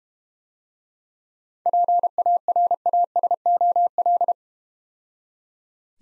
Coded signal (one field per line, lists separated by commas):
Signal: Morse code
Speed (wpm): 30 wpm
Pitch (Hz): 700 Hz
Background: none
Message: PARASOL